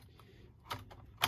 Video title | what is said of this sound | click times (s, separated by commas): Atari VCS 400/800 Comprehensive Teardown | There we go. You'll feel it kind of lock into place, and it'll actually kind of lock. | 1.2 s